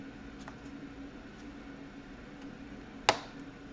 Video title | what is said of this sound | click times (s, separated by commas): Samsung 300E np300E5k-l04us Laptop dc power jack repair fix problems broken dc socket input port | you need to press a little bit right here, that way, in order to get that snap sound | 3.1 s